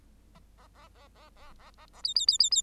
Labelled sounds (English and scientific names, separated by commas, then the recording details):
Bengalese Finch (Lonchura striata domestica) song
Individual Bird8